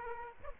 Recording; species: mosquito wingbeat signal from an infrared sensor; Aedes aegypti